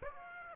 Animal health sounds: mosquito wingbeat signal from an infrared sensor; Aedes aegypti

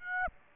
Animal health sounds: mosquito wingbeat signal from an infrared sensor; Aedes aegypti

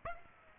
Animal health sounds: mosquito wingbeat signal from an infrared sensor; Aedes aegypti

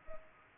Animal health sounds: mosquito wingbeat signal from an infrared sensor; Culex pipiens

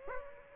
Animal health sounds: mosquito wingbeat signal from an infrared sensor; Aedes aegypti

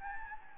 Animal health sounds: mosquito wingbeat signal from an infrared sensor; Anopheles gambiae

